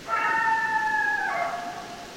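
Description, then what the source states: Coyote howl, a sustained wavering tone holding steady for over a second, then dropping to a lower pitch before fading out. Coyotes, more than one, recorded on 10 December 2012.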